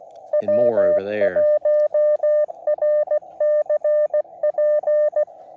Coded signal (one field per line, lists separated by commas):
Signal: Morse code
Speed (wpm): 16 wpm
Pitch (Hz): 590 Hz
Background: speech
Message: W1RCP